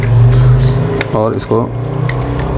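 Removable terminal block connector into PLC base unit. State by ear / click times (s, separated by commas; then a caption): not seated / none. A removable terminal-block connector is lined up with the slots and cuts in the housing of a Siemens PLC base unit and pressed in by hand while someone talks. Brief handling taps are heard over a steady low hum, but nothing has seated or clicked yet; the clip ends just before the connector goes home.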